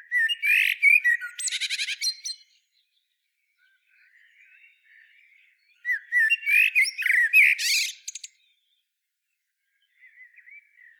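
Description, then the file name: Common blackbird calls in two loud bursts of harsh chattering and squawky notes mixed with thin whistles, separated by quieter soft warbling, with faint twittering near the end. "Turdus merula"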